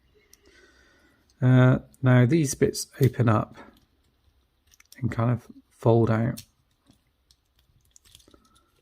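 Someone talks while handling a plastic Studio Series Hot Rod Transformers figure mid-transformation, opening and folding out a fold-out leg panel that is meant to press into its slot in the figure's leg. Light plastic ticks and taps of handling are heard between the speech. The panel has not clicked into place yet; nothing has seated by the end of the clip.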